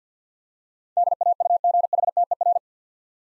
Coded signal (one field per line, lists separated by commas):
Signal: Morse code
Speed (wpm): 50 wpm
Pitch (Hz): 700 Hz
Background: none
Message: DAUGHTER